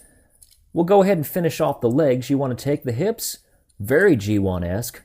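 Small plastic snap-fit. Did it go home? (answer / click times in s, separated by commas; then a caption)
yes / 0.4 s. A section of a plastic transformable figure is pushed down into its locked position on the figure body, giving a small snap at 0.4 s that confirms it is done correctly. Someone then talks about finishing off the legs.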